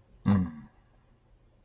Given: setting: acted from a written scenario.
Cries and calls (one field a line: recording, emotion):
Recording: vocal sound without words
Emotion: sympathy